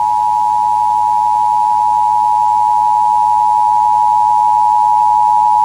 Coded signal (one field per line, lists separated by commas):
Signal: Emergency Alert System (SAME) tones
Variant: 853 and 960 Hz attention tone